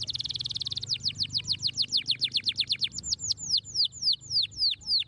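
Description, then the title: Belgian canary song opening with a rapid trill, then a series of downward-slurred whistled notes, fast at first and slowing to about three per second. Canary song played to make young canaries active and singing. "Canto Para Esquentar Canário Belga. RANGSANGAN SUARA BURUNG KENARI GACOR - BIKIN KENARI MUDA JADI AKTIF BUNYI DAN BERKICAU"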